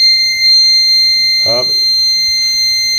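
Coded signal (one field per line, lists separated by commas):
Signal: beep code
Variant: Microtek inverter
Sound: unbroken high-pitched beep tone for the whole clip, with a short spoken word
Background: speech, room hum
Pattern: 1 continuous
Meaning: Fault: the inverter beeps continuously when on mains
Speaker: अब हमने इसको बिजली लगा दी मेन सप्लाई अब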